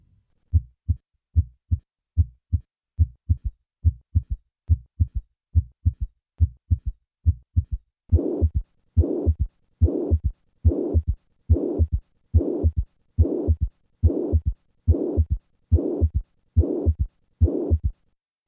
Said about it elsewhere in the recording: A third heart sound may occur with mitral regurgitation and can be a sign that either the regurgitant volume is high or that left ventricular dysfunction is present. Listen to the sound of significant mitral regurgitation. I will start with normal heart sounds and then add a third heart sound and then the murmur.